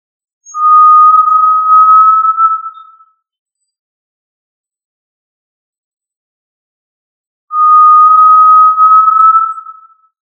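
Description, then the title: Tinamou uttering two long, steady, pure whistled notes about seven seconds apart, each slowly fading, with silence between them. "Familia Tinamidae - Quail - Puyuh"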